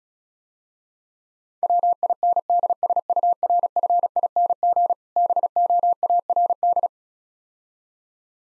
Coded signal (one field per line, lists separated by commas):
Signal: Morse code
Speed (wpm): 36 wpm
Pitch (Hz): 700 Hz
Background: none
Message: WINDSURFING BOARD